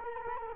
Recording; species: mosquito wingbeat signal from an infrared sensor; Culex quinquefasciatus